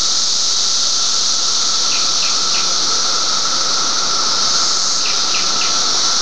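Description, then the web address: Cicadas: a loud, steady, continuous high buzzing drone with no breaks, with a few faint short chirps rising out of it twice. Recorded on 31 May 2004. "fleur. cicadas 4 may 312004"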